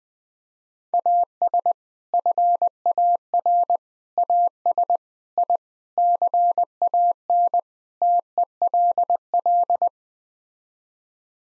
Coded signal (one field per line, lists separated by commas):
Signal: Morse code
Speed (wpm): 20 wpm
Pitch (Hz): 700 Hz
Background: none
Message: AS FAR AS I CAN TELL